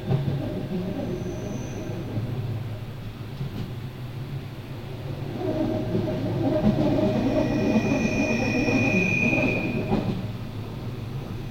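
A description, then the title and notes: A train rolls toward Lauterbrunnen with a steady low rumble and rattle from start to finish. From about five seconds the sound swells, and thin ringing tones rise from the tracks between roughly seven and ten seconds before easing off near the end. Train to Lauterbrunnen. The tracks ring very nicely.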